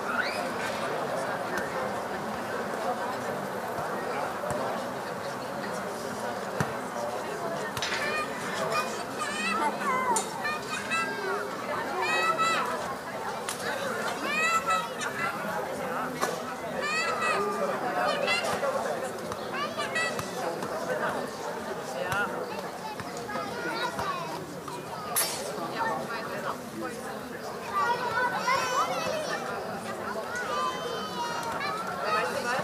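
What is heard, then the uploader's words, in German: A summer evening in Berlin brings a steady, dense murmur of overlapping voices and chatter, with occasional sharp clinks and brief bright sounds throughout. Berliner Abendämmerung. Entführt dich an einem Freitagabend zur "Stralauer Bucht". Sommerabend in Berlin.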